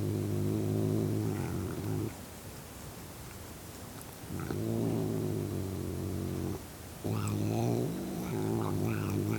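Cat growling in long low rumbling bouts, three sustained growls separated by breaks.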